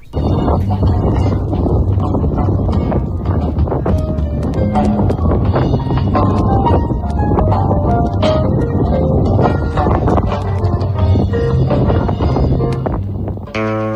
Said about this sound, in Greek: Θα ακούσουμε αυτόν τον αέρα της Μακρονήσου. Από κάτω ακούγεται και η πρόβα που έκαναν οι μουσικοί.